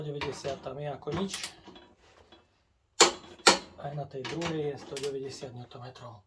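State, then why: Torque reached. A torque wrench set to 190 Nm tightens the second screw of a screw connection while someone talks. Two sharp clicks sound at 3.0 and 3.5 seconds as the wrench reaches 190 Nm, and the talking then resumes.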